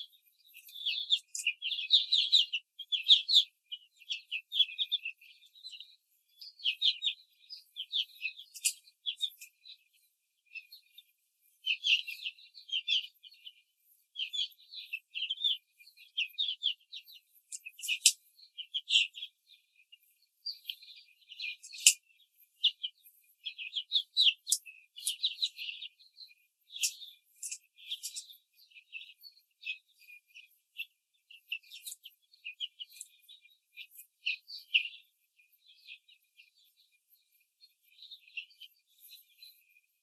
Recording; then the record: young laying hens in a cage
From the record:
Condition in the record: control cage, before the stress test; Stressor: none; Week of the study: 4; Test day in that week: 1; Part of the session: 3